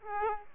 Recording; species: mosquito wingbeat signal from an infrared sensor; Aedes aegypti